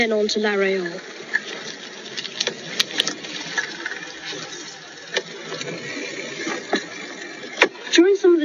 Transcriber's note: sound of cycling and rain